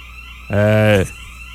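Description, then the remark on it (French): An alarm sounds once: a single loud, steady electronic buzz lasting about half a second, rich and slightly harsh, cutting off cleanly against a quiet background. “Siri, peux-tu éteindre l'alarme, s'il te plaît?”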